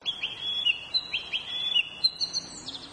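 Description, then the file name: Bird calls: bright, high chirps and quick slurred notes in a lively run, with a thin higher note at the end. "kurotsu kibi"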